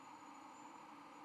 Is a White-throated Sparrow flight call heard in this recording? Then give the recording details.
no. No flight call is heard. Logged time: 04:55 on 13 November 2014